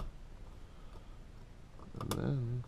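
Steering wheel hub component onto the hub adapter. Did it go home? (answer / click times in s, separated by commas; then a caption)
no / none. A steering wheel hub component for an E28 Momo hub install is lined up by hand on the hub adapter before being pushed home, with only quiet handling sounds and a brief tick near 1.8 seconds. Someone talks toward the end of the clip. Nothing has seated or clicked yet.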